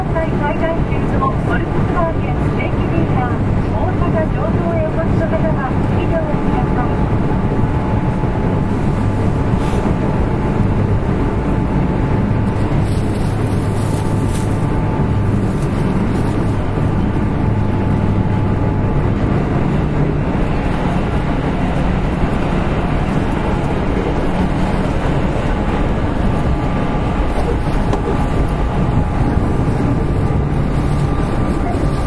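A Kintetsu Railway 7000 series train runs with a steady, dense rumble heavy in the low end that holds level for the whole stretch. Faint thin tones hum above it, and brief brighter hissing flares appear around the middle.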